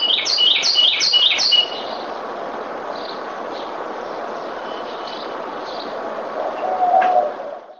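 Bird chirping, a fast run of high repeated notes at the start followed by sparse faint calls, with continuous background noise and a brief louder sound near the end.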